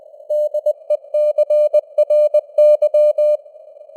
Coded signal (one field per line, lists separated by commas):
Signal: Morse code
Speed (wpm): 20 wpm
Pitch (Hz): 600 Hz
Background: none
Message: DECRY